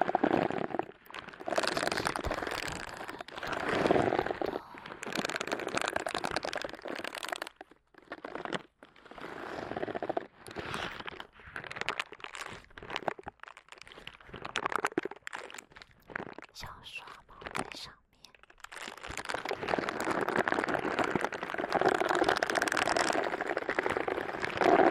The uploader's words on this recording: ASMR×KU100 | 手套耳朵按摩 | Gloves Ear Massage.